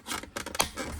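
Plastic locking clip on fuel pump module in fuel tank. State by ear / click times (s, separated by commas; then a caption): seated / 0.6 s. A small black plastic locking clip is pressed in to fully seat the fuel pump/sending unit module in the fuel tank of a 2012 Chrysler 200 3.6L during a fuel pump replacement. A few faint ticks and rustles lead to a sharp, bright click at 0.6 s, followed by low handling noise. The clip snaps home and the module is locked tight.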